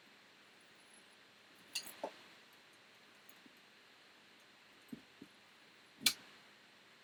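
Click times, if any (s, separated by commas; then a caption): 6.1 s. A frame part is pressed into an Eclipse Anubis racing drone frame during a build, with a few light taps and knocks around 1.8 s and 2.0 s. At 6.1 s it snaps home with a sharp click, seated in place.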